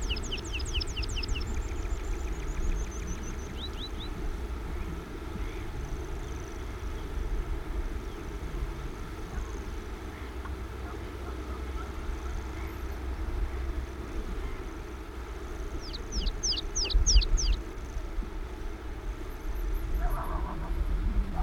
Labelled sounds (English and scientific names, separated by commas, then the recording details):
Meadow Pipit (Anthus pratensis) song
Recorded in the wild
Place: Anklam, Mecklenburg-Vorpommern, DE
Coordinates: 53.812, 13.861
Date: 1980-05-25
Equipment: Nagra III BH, Sennheiser MD 21, parabola
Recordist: Schubert, Michael